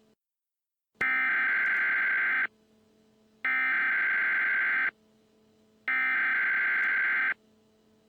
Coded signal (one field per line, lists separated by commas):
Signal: Emergency Alert System (SAME) tones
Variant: header bursts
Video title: EAS MOCK - Evil Darwin Part 2